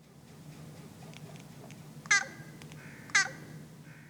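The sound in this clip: Carrion crow giving two short, harsh caws about a second apart, over a faint low hum.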